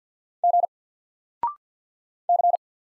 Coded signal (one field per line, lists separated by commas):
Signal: Morse code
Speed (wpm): 48 wpm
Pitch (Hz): 700 Hz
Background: none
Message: G C